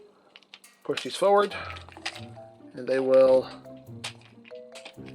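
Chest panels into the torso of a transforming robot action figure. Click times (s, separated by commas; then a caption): 4.0 s. Someone talks while pushing the plastic chest panels of a Mastermind Creations Optus Pexus (IDW Orion Pax) transforming robot action figure forward into its torso. The panels snap all the way forward and click into their locked position at about 4.1 seconds.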